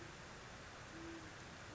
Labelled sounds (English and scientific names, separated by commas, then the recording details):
Great Horned Owl (Bubo virginianus)
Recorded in Sonoma County, California